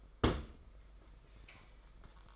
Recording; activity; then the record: daily activity, microphone in the room; place on stove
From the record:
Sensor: 5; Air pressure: 991.2 hPa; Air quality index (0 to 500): 91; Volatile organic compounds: 11 ppm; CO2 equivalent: 2281 ppm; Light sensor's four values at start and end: 33/103/40/42 and 33/102/40/42